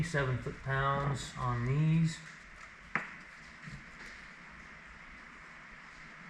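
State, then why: Torque reached. Someone talks while bolts on the input planetary of a 4050 tractor are tightened with a torque wrench set to 27 foot-pounds. The wrench gives a single sharp, ping-like click at 3.0 s as it reaches the setting, followed by a quiet background.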